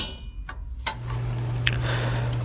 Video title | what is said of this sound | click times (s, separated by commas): I won this CHEAP Nissan Hardbody at auction! Can it be saved? | A nice solid click and it's in. | 1.6 s, 1.7 s